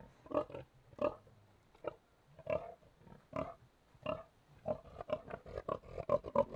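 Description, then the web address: Tamworth pigs grunting with separate, deep snorting grunts spaced roughly every half second to second, becoming more frequent near the end. Tamworth breed; three pigs grunting. "BBC Sound Effects Library. Three Tamworth Pigs Grunting In"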